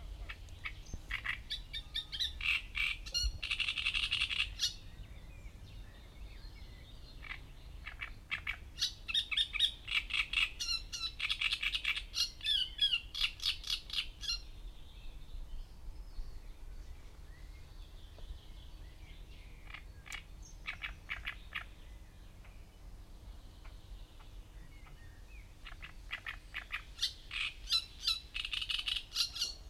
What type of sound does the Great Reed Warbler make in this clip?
song